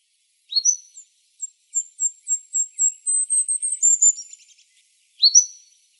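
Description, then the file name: Golden-crowned kinglet singing: a thin opening note, then about ten very high notes rising slightly and tumbling into a lower chatter, with one more thin note at the end. Arizona, 3 November 2005. "GCKI 1 A deviche"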